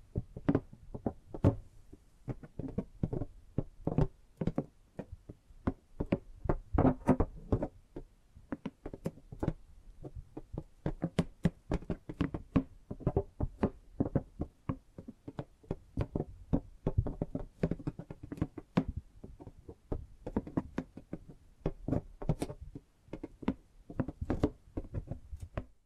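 Tapping sounds fill the clip, a steady stream of short, sharp knocks landing several times a second with uneven spacing. Each tap is crisp with a low thud underneath, and soft rustling from handling and gripping fills the gaps between them.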